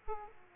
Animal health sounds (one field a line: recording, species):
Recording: mosquito wingbeat signal from an infrared sensor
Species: Aedes aegypti